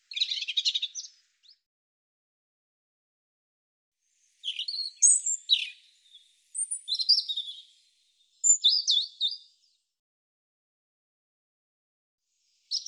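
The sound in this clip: European robin song: high, sweet warbling phrases with thin whistled notes and fast twittering trills, one phrase, a long pause, then more phrases in bursts.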